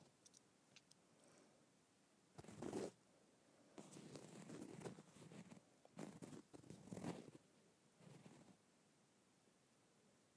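Leather bag being scraped in short rough bursts, loudest near three and seven seconds, with quiet gaps and faint ticks between strokes.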